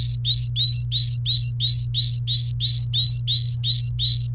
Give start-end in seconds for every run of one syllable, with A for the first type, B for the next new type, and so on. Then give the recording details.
0.00-4.27 A. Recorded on 28 April 2018 at 16:10. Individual llb3